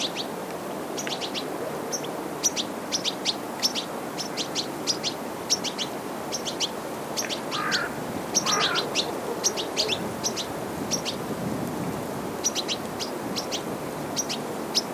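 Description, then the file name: European Goldfinch calls: many quick, high twittering notes in loose bursts throughout, with a couple of softer lower calls midway over a steady background hiss. "Carduelis carduelis"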